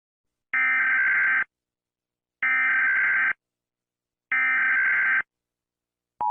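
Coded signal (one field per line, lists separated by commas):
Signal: Emergency Alert System (SAME) tones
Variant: header bursts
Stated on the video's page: Fictional EAS scenario series.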